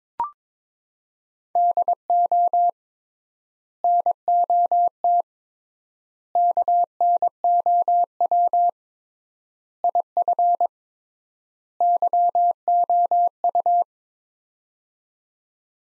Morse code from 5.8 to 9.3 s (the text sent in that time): KNOW